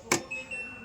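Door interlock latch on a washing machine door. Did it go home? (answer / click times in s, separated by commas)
yes / 0.1 s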